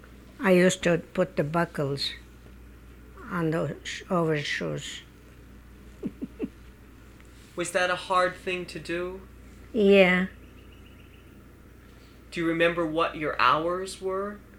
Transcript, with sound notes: I used to put the buckles on the overshoes. ( she laughs )
Was that a hard thing to do?
Yeah.
Do you remember what your hours were?